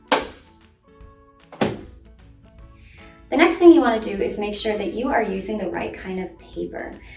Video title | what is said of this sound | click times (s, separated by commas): Troubleshooting Your Epson TM-U220 Impact Printer | It might look like they're closed, but until you hear a click, they're still open. | 0.1 s